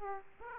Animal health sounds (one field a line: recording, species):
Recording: mosquito wingbeat signal from an infrared sensor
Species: Aedes aegypti